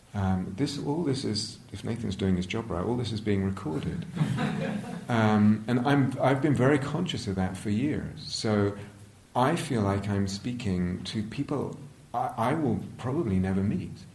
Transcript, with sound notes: All this is -- if Nathan is doing his job right, all this is being recorded. [laughter] And I've been very conscious of that for years. So I feel like I'm speaking to people I will probably never meet.